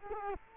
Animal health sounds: mosquito wingbeat signal from an infrared sensor; Culex quinquefasciatus

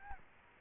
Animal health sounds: mosquito wingbeat signal from an infrared sensor; Aedes albopictus

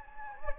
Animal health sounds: mosquito wingbeat signal from an infrared sensor; Anopheles gambiae

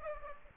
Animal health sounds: mosquito wingbeat signal from an infrared sensor; Aedes aegypti

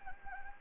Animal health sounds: mosquito wingbeat signal from an infrared sensor; Anopheles gambiae

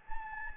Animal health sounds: mosquito wingbeat signal from an infrared sensor; Anopheles gambiae

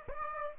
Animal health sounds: mosquito wingbeat signal from an infrared sensor; Aedes aegypti

